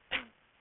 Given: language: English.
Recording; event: throat vibration sensor signal played as sound; cough